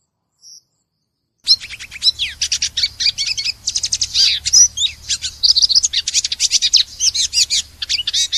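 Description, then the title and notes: Oriental magpie-robin song: a dense run of rapid, high, buzzy chattering notes after a short silence, with a steady low hum underneath. Long-duration master song used to train cage birds. "Master Kacer Durasi Panjang. Suara Masteran Burung Kacer Durasi Panjang"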